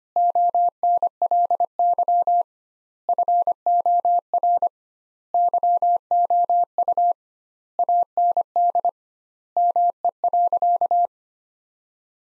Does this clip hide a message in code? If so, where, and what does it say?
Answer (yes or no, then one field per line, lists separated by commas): yes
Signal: Morse code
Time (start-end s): 0.2-11.1 s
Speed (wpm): 25 wpm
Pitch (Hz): 700 Hz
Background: none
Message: ONLY FOR YOU AND ME.